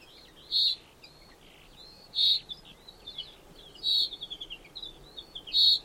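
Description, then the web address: Common chaffinch repeating a clipped, metallic call note about every one and a half seconds, among soft trills and chirps from other birds. "Deverinetal 2025 File origin Bird Only Fr Co"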